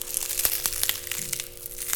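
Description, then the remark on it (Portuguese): Green onions (chives) being crushed for a seasoning, a dense run of crisp, crackling snaps and squeaks that keeps going steadily for two seconds, bright and moderately loud, with no one talking. “Ó, a cebolinha.”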